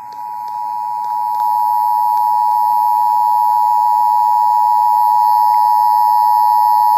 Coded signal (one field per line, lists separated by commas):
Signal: Emergency Alert System (SAME) tones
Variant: 853 and 960 Hz attention tone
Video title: 6/7/19 Emergency Alert System EAS Child Abduction Emergency (AMBER ALERT) WCCO-AM Minnesota